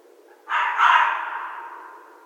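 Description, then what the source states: Red fox calling with one loud, raw shriek, a sharp start swelling into a drawn-out, fading rasp. Recorded 14 January 2012.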